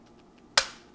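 A torque screwdriver tightening a terminal screw on a NEMA 14-50 receptacle clicks once more at its setting, a single sharp click at 0.6 s that rings briefly and fades against a quiet background. The click confirms the screw is tight enough on the wire.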